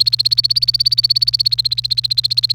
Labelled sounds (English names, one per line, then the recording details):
Domestic Canary song
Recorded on 28 April 2018 at 11:05
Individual llb3